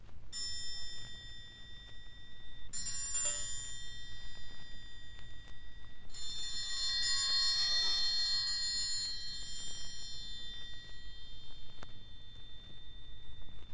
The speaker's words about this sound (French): On peut battre le triangle par coups séparés, mais aussi par roulement.